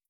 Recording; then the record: hydrophone in a shrimp aquaculture tank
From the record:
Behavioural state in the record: starved